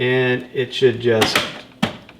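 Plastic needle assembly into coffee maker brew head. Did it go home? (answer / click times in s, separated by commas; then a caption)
yes / 1.8 s. While someone talks, a reassembled plastic needle and clip assembly is lined up with its short tab to the center and pushed down into the brew head of a Keurig K-Supreme coffee maker, after clearing a clog. A sharp snap at 1.8 s marks the assembly seating in place.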